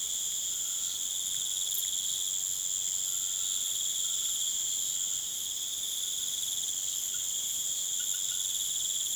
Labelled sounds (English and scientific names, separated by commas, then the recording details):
none
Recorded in pastures near Puerto Asís, Putumayo, Colombia, on 27 June 2025 at 19:30
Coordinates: 0.486, -76.323
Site H29